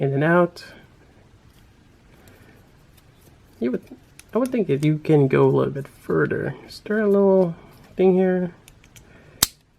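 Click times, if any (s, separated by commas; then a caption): 9.4 s. A part of an action figure's weapon accessory is slid a little further along its track until it snaps into its set position in its slot. Someone talks throughout, and a sharp snap is heard at 9.4 s as the part seats in place.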